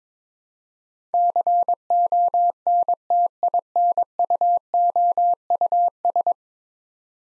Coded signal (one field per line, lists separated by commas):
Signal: Morse code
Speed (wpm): 23 wpm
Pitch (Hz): 700 Hz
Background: none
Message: CONTINUOUS